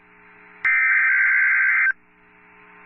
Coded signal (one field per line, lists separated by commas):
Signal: Emergency Alert System (SAME) tones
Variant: header bursts